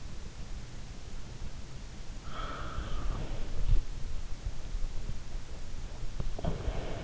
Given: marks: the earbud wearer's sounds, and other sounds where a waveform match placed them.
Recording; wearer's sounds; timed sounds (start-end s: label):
sounds in sleep by an in-ear microphone; breath
2.05-7.04 s: breath
6.32-6.71 s: sound from someone else or the room